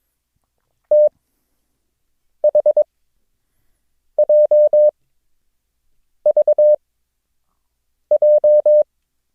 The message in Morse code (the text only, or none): THJVJ